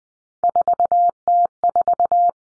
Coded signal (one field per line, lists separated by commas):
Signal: Morse code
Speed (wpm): 20 wpm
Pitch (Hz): 700 Hz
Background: none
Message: 4T4